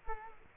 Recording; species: mosquito wingbeat signal from an infrared sensor; Culex quinquefasciatus